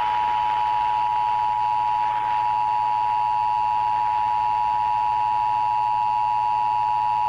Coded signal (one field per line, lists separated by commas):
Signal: Emergency Alert System (SAME) tones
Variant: 853 and 960 Hz attention tone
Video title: EAS 1161: California (Regional) Required Monthly Test